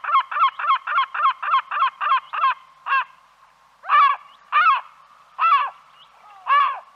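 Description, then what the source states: Bird calling with a quick run of several nasal honking notes, then a few louder, slower notes spaced about a second apart. Recorded in Arizona.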